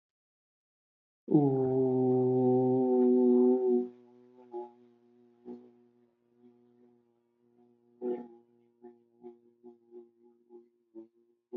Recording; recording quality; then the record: sustained vowel as in boot; excellent, no background noise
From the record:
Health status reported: respiratory illness, not identified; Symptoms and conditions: none ticked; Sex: male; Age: 45 years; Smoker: not ticked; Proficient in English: yes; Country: India